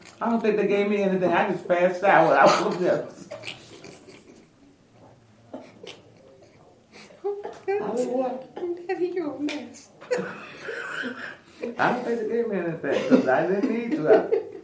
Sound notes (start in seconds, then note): 3.2 laughter; 10.0 laughter